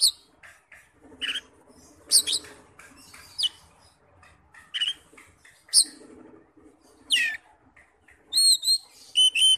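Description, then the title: Oriental magpie-robin song: sharp notes spaced apart, closing with a quick series of clear whistles. "Kacer"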